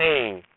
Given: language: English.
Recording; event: throat vibration sensor signal played as sound; speech